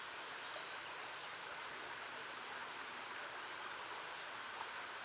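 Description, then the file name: Great tit with high, falling, squeaky notes: a run of three, a single note, then two more, over a quiet hissing background. "Parus major"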